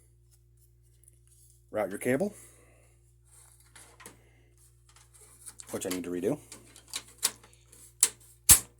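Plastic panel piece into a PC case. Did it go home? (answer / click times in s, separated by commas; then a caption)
yes / 8.0 s. Someone talks while a plastic panel piece is pushed back into place on a Thermaltake Versa H22 PC case after a cable is routed, with soft handling taps and clicks. A sharp snap at 8.0 s marks the piece seating back in, followed by another loud click.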